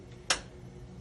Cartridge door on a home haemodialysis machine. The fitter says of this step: When you hear the click sound, this means it fixed, locked.